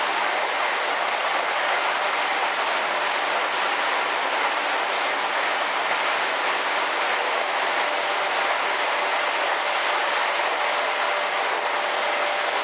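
An Izukyu 8000 series train running between Izu-Kogen and Izukyu-Shimoda, heard as a steady, dense rushing roar. The sound holds at an even level for the whole stretch, bright and hissy with little deep rumble, and no distinct clacks or announcements stand out.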